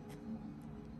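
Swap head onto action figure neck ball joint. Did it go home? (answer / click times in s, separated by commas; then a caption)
no / none. A Marvel Legends swap head is pushed onto the ball-joint neck of an S.H.Figuarts Captain America action figure. Only a steady low hum and a couple of faint, soft rustles are heard, with no sharp click. The head sits on but does not snap into place because the ball joint is different, so nothing has seated or clicked.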